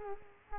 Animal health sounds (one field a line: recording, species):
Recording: mosquito wingbeat signal from an infrared sensor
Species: Culex quinquefasciatus